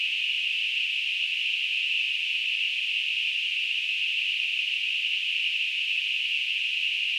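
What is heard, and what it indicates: A steady, unbroken narrow-band hissing tone centred around 2.5 to 3 kHz, with no low-frequency content, simulating tinnitus.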